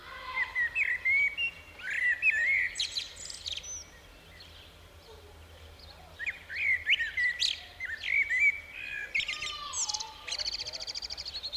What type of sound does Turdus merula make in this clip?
song